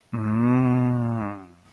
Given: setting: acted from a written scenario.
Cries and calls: vocal sound without words; desire

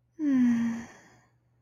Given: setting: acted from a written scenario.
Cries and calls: vocal sound without words; desire

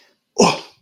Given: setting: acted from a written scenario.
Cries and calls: vocal sound without words; disgust

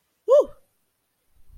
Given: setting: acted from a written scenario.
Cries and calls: vocal sound without words; relief

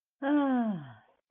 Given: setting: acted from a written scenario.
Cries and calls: vocal sound without words; relief

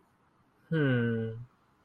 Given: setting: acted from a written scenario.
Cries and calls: vocal sound without words; romantic love

